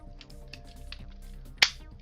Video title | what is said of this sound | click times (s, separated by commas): Jonny Builds...the new Lego AT-AT!!! 8 PM EST Jan 4th, 2022! | ah there we go satisfying snap and | 1.6 s